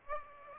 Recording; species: mosquito wingbeat signal from an infrared sensor; Aedes aegypti